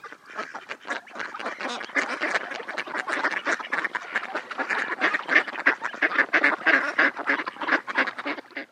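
Ducks quacking as a busy flock, many overlapping nasal calls in rapid, irregular succession throughout, with no pauses.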